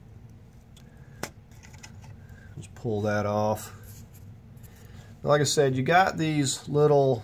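A plastic release tab on the wiring harness connector of the throttle position sensor on a 2008 Mazda Tribute is pressed down and clicks open at 1.2 s, unlatching the connector so it can be pulled off. Someone talks afterward.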